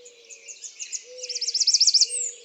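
American redstart song: a run of high, thin notes that grows louder, ending in a sharp slurred flourish, with a faint low tone that comes and goes underneath.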